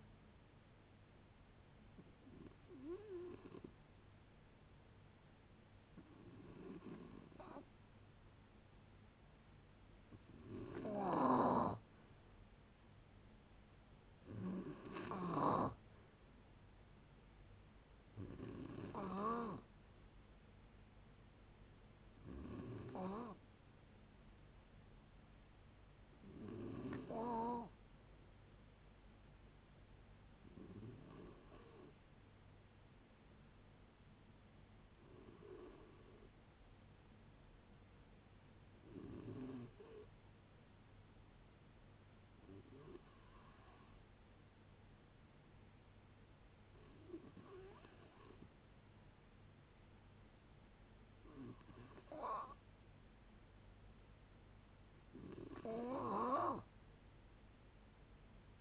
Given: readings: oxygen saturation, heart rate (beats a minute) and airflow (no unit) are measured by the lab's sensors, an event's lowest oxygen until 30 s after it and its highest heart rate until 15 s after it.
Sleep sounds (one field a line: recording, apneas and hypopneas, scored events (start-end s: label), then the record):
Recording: a person awake in a sleep study, by a voice recorder at the bedside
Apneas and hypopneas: none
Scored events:
0.00-58.61 s: awake
0.00-58.61 s: awake
From the record:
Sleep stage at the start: awake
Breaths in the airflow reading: 20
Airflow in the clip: -0.7 to 0.7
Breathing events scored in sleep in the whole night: 496 in 5.4 hours asleep